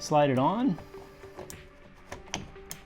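Someone talks briefly as a smart lock body is slid onto its mounting plate on a door cylinder and twisted, with music playing underneath and a few light taps and clicks following. A sharp click at 2.3 s marks the lock unit seating onto the plate, and it is confirmed in place.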